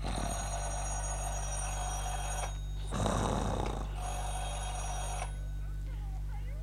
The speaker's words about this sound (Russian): На телефонный звонок вышел со спальни Каліберу.